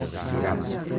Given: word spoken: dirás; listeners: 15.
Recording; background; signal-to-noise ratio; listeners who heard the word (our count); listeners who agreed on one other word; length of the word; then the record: one Spanish word in noise, from a listening test; eight-talker babble; -3.7 dB; 0 of 15; 6 of 15; 0.59 s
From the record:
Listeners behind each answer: 6, 2, 1, 1, 1, 1, 1, 1, 1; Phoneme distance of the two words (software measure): 30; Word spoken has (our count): 2 syllables, 5 phonemes, stress on syllable 2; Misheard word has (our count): 2 syllables, 5 phonemes, stress on syllable 1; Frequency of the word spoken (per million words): 3.38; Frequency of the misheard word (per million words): 10.60